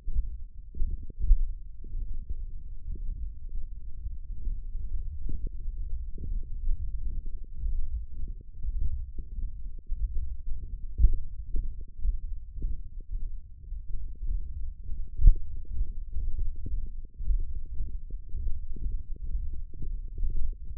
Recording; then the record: forearm muscle sounds (acoustic myography)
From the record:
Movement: hook grip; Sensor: system 1, eight BSWA MPA416 microphones around the upper forearm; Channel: 6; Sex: male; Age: 21 years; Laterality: right